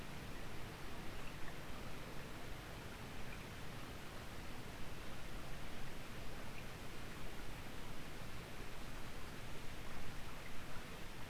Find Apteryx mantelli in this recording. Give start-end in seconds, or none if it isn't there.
none